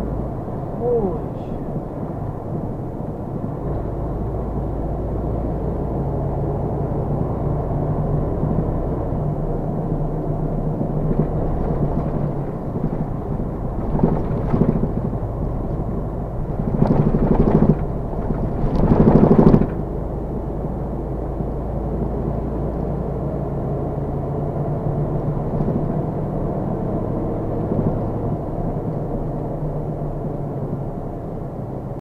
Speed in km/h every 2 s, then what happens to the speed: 31, 31, 31, 34, 37, 37, 37, 37, 37, 39, 39, 42, 44, 50, 50, 44.
4-7 speeds up to 37. 7-20 steady at about 37. 20-26 speeds up to 50. 28-32 slows to 44.